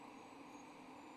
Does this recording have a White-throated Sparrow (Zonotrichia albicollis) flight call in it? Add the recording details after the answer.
no. No flight call is heard. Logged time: 23:25 on 24 November 2014